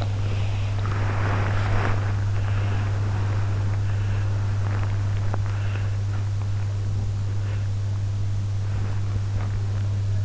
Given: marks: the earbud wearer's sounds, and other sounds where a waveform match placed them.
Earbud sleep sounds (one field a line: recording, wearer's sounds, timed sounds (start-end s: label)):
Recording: sounds in sleep by an in-ear microphone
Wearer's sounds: body movement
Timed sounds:
0.00-6.47 s: body movement
8.74-10.25 s: body movement